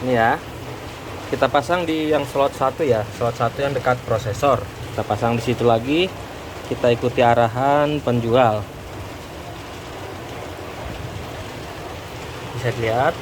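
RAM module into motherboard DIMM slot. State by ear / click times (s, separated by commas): not seated / none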